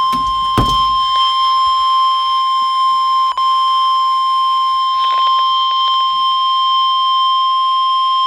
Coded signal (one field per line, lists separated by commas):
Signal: Emergency Alert System (SAME) tones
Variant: 1050 Hz attention tone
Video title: Severe Thunderstorm Warning (EAS #427).